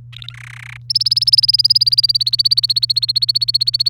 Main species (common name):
Domestic Canary